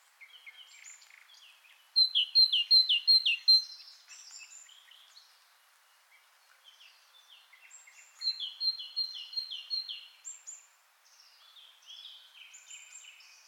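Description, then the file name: Turkestan tit calling in quick runs of sharp, falling notes, one loud burst early and a softer one later, amid scattered high twittering and chirps. Great tit of the subspecies bokharensis (Turkestan tit). "Great Tit Parus major bokharensis"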